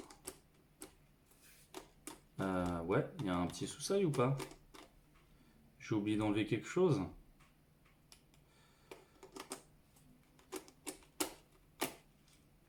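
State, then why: Seated. A camera lens is fitted onto the camera body's mount after something that had been forgotten is removed, with someone talking in between. Short handling clicks and taps come through, and the lens clicks into the mount at 11.2 s, so it is properly in place.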